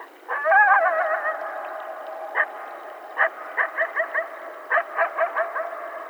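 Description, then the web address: Coyote calls: a wavering, quavering howl with warbling tones, then a series of sharp yips and short barks in uneven bursts. More than one coyote, recorded on 12 July 2010. "Coyote 2010 07 12 Coyotes"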